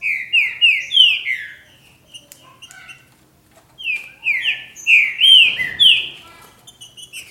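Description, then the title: Green-winged saltator song: two bursts of loud, slurred whistled notes delivered rapidly, with a pause between. "Trinca Ferro"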